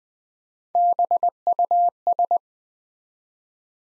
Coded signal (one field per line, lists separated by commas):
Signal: Morse code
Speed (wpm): 20 wpm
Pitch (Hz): 700 Hz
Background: none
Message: BUS